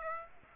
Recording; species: mosquito wingbeat signal from an infrared sensor; Aedes aegypti